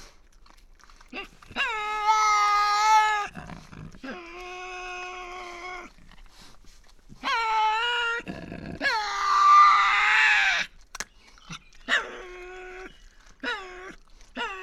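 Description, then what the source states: Tasmanian devil screeches: several drawn-out harmonic wails, some rough and strained, separated by short pauses and snorting breaths. Resident devils in an enclosure at a conservation facility, Cradle Mountain, Tasmania, disputing who has priority; October 24, 2007.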